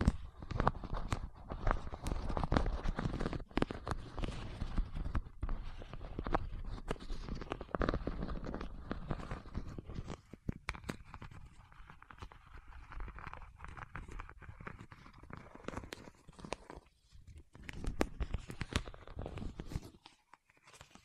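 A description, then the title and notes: Wax-coated fingertips tap and rub in a dense, irregular patter of sharp clicks over a soft rustling texture. The first ten seconds are busier and louder, then the taps thin out and soften, with brief pauses, before stopping just before the end. ASMR with Wax Fingertips for Sleep (No Talking).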